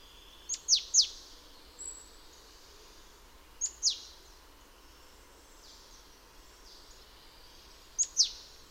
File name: Parus major